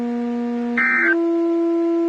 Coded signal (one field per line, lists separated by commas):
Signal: Emergency Alert System (SAME) tones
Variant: end-of-message bursts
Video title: SMW on KHB37 (EAS #174)